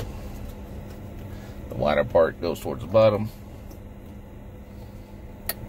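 During wiring of an Alpine iLX-W650 head unit in a 2016 Jeep Wrangler, a small wire clamp is pushed home onto its mating clamp with its wider part facing the bottom. Someone talks over a low steady hum, then a short sharp click sounds at 5.5 s as the clamp seats.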